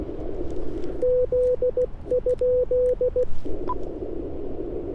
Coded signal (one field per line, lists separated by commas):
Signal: Morse code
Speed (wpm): 16 wpm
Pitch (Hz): 500 Hz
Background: none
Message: Z?